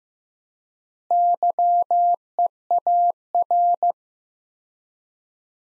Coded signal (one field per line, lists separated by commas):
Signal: Morse code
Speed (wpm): 15 wpm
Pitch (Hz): 700 Hz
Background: none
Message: YEAR